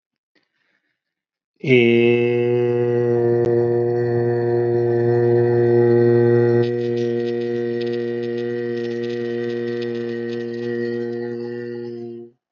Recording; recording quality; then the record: sustained vowel as in made; excellent, no background noise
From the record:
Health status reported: healthy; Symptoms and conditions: none ticked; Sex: male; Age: 30 years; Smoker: not ticked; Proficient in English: yes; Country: India